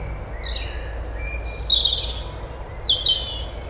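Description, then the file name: European robin song: drawn-out, very high thin whistles alternating with lower whistled notes, steady low background rumble. "Erithacus rubecula"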